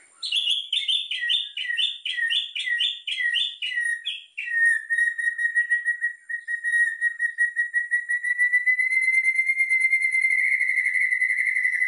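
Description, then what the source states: White-rumped shama call: a rapid series of repeated descending whistled notes, then a long, steady, pulsing whistle held near one pitch and slightly rising toward the end. Lure call used for trapping.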